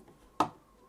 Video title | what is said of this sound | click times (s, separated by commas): How To Install Deepcool Gammaxx AG500 BK ARGB AMD Ryzen AM4 Platform | there we go there's a click so that means it should be bang on the thread you can do a couple of turns now to get it started | 0.4 s